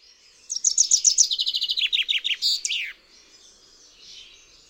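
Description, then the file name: Common chaffinch singing one phrase of crisp repeated notes that step downward and close with a short flourish. "ZIEBA"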